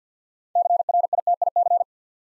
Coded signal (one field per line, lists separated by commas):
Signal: Morse code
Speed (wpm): 47 wpm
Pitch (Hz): 700 Hz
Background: none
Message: CRITIC